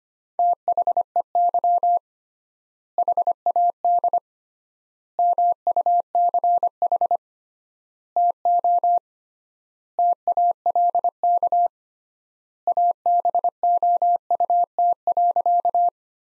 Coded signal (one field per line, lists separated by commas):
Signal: Morse code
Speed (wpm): 25 wpm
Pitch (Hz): 700 Hz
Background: none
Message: THEY HAD MUCH TO TALK ABOUT.